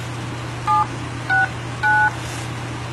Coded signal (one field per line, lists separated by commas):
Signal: DTMF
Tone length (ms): 170 ms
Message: 769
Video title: Auto Patch ( board to connect radio/ telephone) in Rochester on W0-MXW Repeater-146.820 MHZ. PY2FI